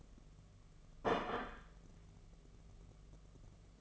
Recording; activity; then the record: daily activity, microphone in the room; place plate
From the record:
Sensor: 4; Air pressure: 1015.9 hPa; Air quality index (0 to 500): 209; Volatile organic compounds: 13 ppm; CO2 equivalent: 2409 ppm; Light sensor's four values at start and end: 16/38/16/17 and 16/38/16/17